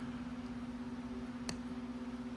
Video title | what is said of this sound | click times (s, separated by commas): How to install Spiro Lock clips! + piston install and ringing | that one wasn't as loud but it sat it in there seated in there | 1.5 s